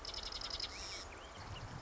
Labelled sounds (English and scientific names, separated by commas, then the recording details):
Marsh Wren (Cistothorus palustris)
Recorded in Sonoma County, California